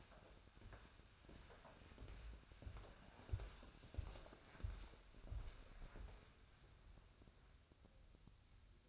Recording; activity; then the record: daily activity, microphone in the room; walk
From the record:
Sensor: 2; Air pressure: 1015.2 hPa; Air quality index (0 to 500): 124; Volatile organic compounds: 4 ppm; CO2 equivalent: 1594 ppm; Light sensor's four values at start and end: 12/33/13/14 and 12/33/12/14